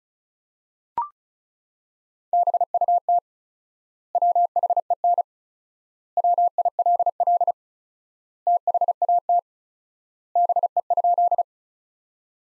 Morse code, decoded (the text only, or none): BUT WHEN WILL THAT BE?